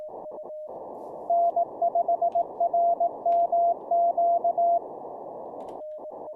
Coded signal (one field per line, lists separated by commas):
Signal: Morse code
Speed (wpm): 18 wpm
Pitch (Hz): 690 Hz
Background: radio noise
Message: N5RMQ